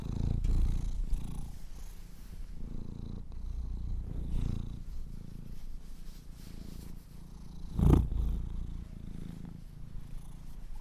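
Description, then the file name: Purring Domestic cat, a deep throbbing rumble pulsing with inhale and exhale, one louder rustling thump partway through. Kittens purring. "The Purring Kittens"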